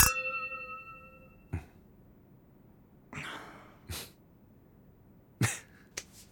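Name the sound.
glasses clinking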